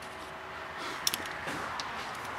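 A torque wrench tightens a big-end (connecting rod) cap bolt to 30 Nm in stage two of replacing the big-end bearings on a VW Golf. A sharp click at 1.1 s, followed by a quick second tick at 1.1 s and a fainter tick at 1.8 s, shows the wrench has reached the 30 Nm setting.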